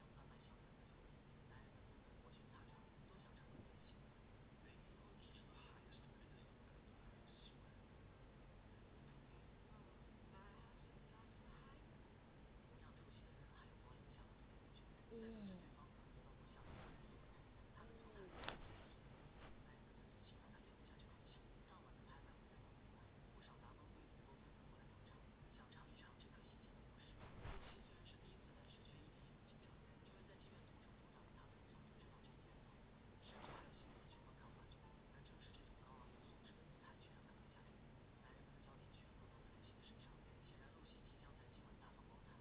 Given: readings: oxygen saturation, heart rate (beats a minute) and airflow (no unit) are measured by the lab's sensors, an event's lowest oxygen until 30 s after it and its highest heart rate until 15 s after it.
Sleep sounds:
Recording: a person awake in a sleep study, by a voice recorder at the bedside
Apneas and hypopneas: none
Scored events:
0.00-42.41 s: awake
0.00-42.41 s: awake
From the record:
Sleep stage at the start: awake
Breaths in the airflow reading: 16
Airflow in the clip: -0.8 to 0.7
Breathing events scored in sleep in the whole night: 496 in 5.4 hours asleep

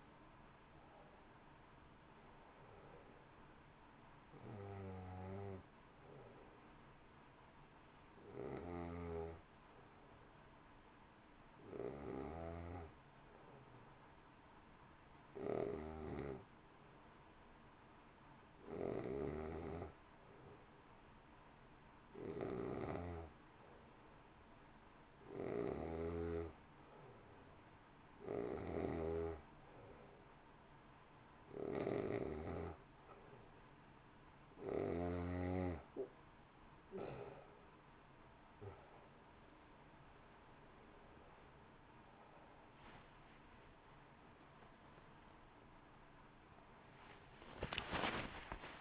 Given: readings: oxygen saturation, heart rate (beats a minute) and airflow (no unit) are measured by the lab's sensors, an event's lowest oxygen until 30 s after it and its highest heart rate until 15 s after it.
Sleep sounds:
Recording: breathing in sleep by a voice recorder at the bedside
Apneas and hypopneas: 1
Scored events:
8.00-33.20 s: hypopnea (N2, oxygen 93% highest, then 90% lowest, heart rate 56 at the start, 67 highest)
From the record:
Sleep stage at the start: N2 (light sleep)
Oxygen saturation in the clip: 90 to 93%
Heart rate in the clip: 53 to 67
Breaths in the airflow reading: 14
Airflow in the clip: -1.9 to 2.7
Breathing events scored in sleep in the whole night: 328 in 6.3 hours asleep

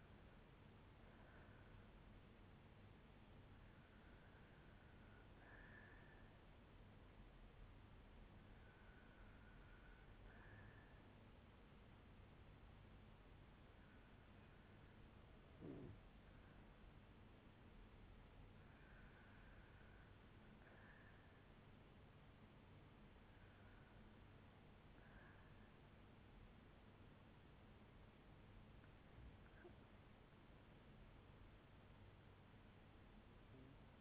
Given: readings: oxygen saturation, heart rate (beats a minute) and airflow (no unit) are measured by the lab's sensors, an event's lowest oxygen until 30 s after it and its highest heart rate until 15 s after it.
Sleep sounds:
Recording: breathing in sleep by a voice recorder at the bedside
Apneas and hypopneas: 1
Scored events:
5.00-16.60 s: hypopnea (REM, oxygen 92% highest, then 89% lowest, heart rate 76 at the start, 76 highest)
From the record:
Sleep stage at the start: REM sleep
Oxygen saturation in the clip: 89 to 96%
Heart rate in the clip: 62 to 78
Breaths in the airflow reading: 7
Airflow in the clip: -7.8 to 6.2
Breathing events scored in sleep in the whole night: 182 in 7.4 hours asleep

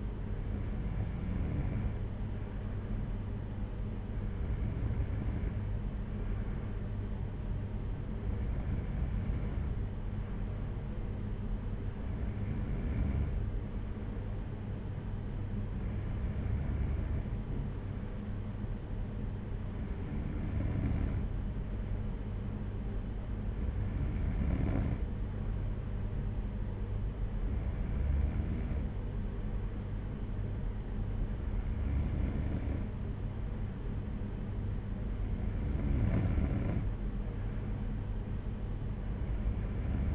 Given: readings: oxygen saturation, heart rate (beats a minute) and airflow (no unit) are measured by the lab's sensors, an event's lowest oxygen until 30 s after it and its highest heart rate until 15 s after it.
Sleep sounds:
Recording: breathing in sleep by a smartphone at the bedside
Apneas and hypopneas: none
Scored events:
none scored
From the record:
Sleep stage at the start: N2 (light sleep)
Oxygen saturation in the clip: 93 to 94%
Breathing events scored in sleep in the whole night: 226 in 8.8 hours asleep

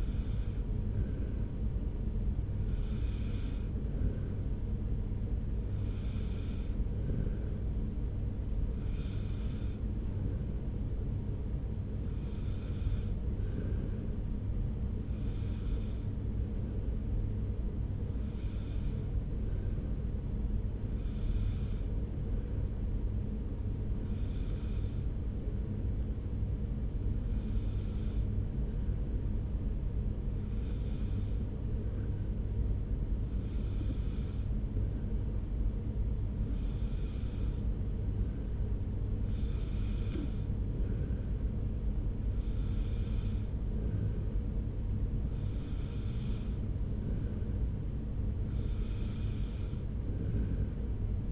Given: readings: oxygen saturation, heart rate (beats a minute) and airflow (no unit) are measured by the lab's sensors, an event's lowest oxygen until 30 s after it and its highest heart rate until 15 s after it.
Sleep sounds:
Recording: breathing in sleep by a smartphone at the bedside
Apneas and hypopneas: none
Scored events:
none scored
From the record:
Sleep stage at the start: N1 (lightest sleep)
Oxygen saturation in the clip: 93 to 94%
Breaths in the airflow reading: 17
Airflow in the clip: -1.1 to 1.2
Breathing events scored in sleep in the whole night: 335 in 6.7 hours asleep

